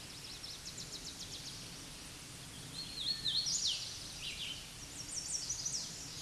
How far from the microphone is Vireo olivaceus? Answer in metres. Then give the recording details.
about 25 m. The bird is about 20 m above the microphone. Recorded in a Pennsylvania forest on 16 May 2024 at 08:34. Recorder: AudioMoth, point MSD-0079. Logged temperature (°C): 16.1 °C. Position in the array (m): 166 m, 71 m